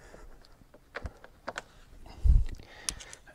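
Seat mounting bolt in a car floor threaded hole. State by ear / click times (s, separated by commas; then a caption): stripped / none. A ratchet tightens a seat mounting bolt into a threaded hole in the floor of a C3 Corvette, making a series of sharp clicks with a louder low thump around 2.3 s. The bolt will not tighten because the hole's threads are stripped, so it has not seated, and a longer bolt with a nut underneath is planned instead.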